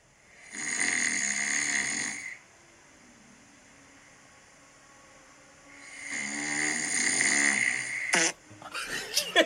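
Two loud, harsh, buzzing snores on inhalation about five seconds apart, ending with a brief snort: loud snoring from an adult man asleep on a couch, recorded on a phone.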